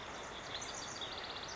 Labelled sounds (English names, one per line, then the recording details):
House Wren
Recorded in Sonoma County, California